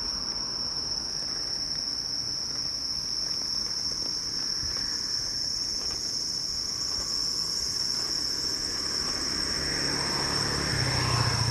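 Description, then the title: Bell cricket, a continuous high ringing tone over traffic noise that swells louder near the end. Recorded while walking, in autumn, in Japan. "歩きながら録音してみた（ほぼ鈴虫）"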